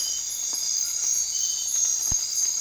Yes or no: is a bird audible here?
no